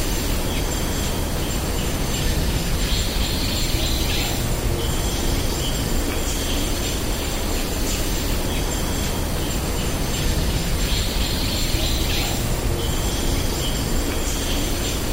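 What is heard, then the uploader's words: Forest ambience with a dense, steady wash of buzzing insects and high, repeating birdsong phrases every few seconds over a low, constant rumble. Malaysian Forest. This episode features only natural soundscapes with no dialogue or voice.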